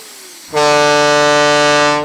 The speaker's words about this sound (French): Bon, j'ai compris. Si même les camions s'y mettent, adieu ma sieste. Un klaxon pareil, ça vous vrille les tympans.